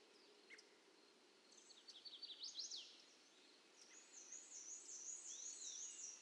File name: Indigo Bunting